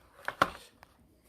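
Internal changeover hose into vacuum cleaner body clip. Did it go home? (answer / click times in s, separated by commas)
yes / 0.4 s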